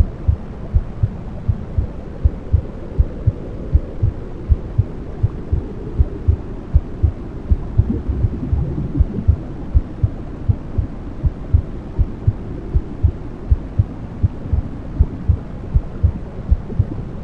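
Simulated womb sounds: a steady, rhythmic heartbeat thumping over a low, muffled whooshing rumble, as a baby would hear it in the womb, used to help babies sleep.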